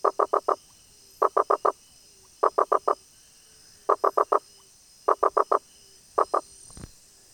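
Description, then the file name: Rosenberg's gladiator frog giving quick series of mostly four hollow knocking notes, each group spaced about a second apart, with a brief rustle near the end. "Boana rosenbergi"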